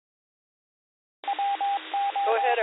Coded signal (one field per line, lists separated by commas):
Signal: Morse code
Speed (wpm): 22 wpm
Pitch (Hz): 800 Hz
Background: speech, radio noise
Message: WO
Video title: STURGEON BAY AMATURE RADIO GOOD MORNING NET. THURSDAY 11 02 2023 07 59 37